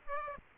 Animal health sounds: mosquito wingbeat signal from an infrared sensor; Aedes aegypti

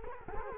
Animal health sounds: mosquito wingbeat signal from an infrared sensor; Culex quinquefasciatus

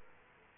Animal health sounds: mosquito wingbeat signal from an infrared sensor; Aedes aegypti

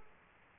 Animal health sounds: mosquito wingbeat signal from an infrared sensor; Culex quinquefasciatus

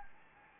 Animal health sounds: mosquito wingbeat signal from an infrared sensor; Anopheles gambiae

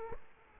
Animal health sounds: mosquito wingbeat signal from an infrared sensor; Culex quinquefasciatus

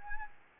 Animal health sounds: mosquito wingbeat signal from an infrared sensor; Anopheles arabiensis

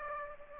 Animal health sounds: mosquito wingbeat signal from an infrared sensor; Aedes aegypti

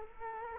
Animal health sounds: mosquito wingbeat signal from an infrared sensor; Culex quinquefasciatus

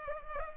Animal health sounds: mosquito wingbeat signal from an infrared sensor; Culex pipiens

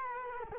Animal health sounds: mosquito wingbeat signal from an infrared sensor; Culex quinquefasciatus

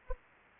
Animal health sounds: mosquito wingbeat signal from an infrared sensor; Anopheles arabiensis

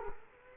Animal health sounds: mosquito wingbeat signal from an infrared sensor; Culex quinquefasciatus

